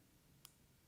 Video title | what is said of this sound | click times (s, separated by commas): HOW-TO - Replace The Coil Cable On Your Power-Pole MOVE ZR | You will actually hear it click once it's all the way in, just | 0.4 s